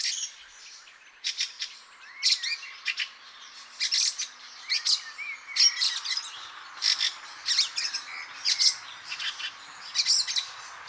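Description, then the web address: Fieldfare song: scratchy, squeaky chattering bursts in rapid clusters, with short thin whistles mixed in, continuing throughout. "chant xeno-canto grive litorne"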